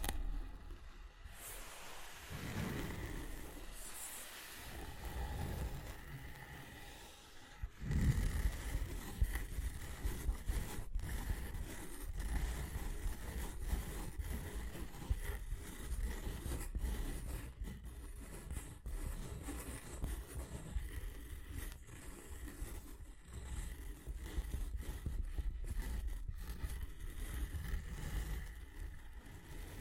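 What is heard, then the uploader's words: Tapping and scratching sound in a steady run of quick, sharp ticks and scrapes with no clear rhythm. A low, rumbling bed sits underneath, and from about eight seconds the activity grows louder and denser, staying busy to the end. ASMR Triggers SOOO Soothing You’ll Want to Sleep Tapping and Scratching (No Talking).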